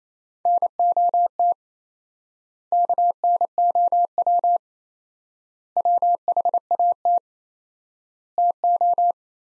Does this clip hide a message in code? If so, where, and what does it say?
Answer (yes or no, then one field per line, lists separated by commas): yes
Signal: Morse code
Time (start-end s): 0.5-9.1 s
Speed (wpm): 28 wpm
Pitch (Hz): 700 Hz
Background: none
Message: NOT KNOW WHAT TO